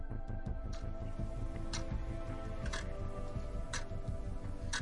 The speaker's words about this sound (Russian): Антикварные часы в конференц-зале оглушительно тикали.